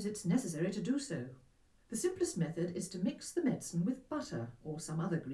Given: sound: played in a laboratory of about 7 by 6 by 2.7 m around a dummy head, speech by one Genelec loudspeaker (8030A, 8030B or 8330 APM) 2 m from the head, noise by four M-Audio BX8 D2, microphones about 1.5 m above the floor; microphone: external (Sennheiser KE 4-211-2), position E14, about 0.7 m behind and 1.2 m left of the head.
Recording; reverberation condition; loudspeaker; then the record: female speech in English; low; 60 degrees to the right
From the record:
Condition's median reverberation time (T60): about 310 ms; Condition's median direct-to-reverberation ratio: about 3.5 dB